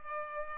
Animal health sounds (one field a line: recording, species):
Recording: mosquito wingbeat signal from an infrared sensor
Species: Culex pipiens